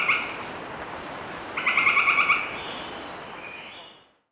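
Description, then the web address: Northern White-crowned Tapaculo giving a lone brief note, then a short, quick stuttering trill, before the sound fades out. Ecuador. "Birds of Ecuador 3-01 Northern White-Crowned Tapaculo"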